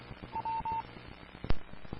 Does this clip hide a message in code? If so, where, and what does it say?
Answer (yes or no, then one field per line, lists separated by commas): no